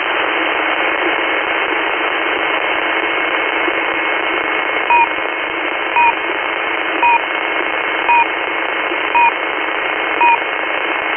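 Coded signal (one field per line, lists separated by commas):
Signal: unidentified radio signal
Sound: steady radio hiss, then six short two-tone beeps about a second apart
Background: radio static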